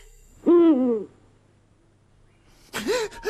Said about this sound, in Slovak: Oj. Ale som sa zľakol. No a to iba sova húka.